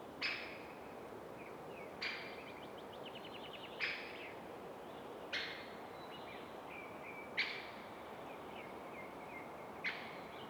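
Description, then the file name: Great spotted woodpecker giving several hard, short 'kik' notes spaced a couple of seconds apart. "Didysis Margasis Genys Great Spotted Woodpecker - Dendrocopos major"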